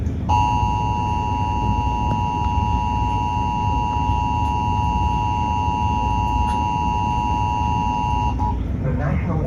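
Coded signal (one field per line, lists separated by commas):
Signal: Emergency Alert System (SAME) tones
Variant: 853 and 960 Hz attention tone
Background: speech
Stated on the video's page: Storm alerts received on a weather radio from WXL40, about 80 miles away, in good quality.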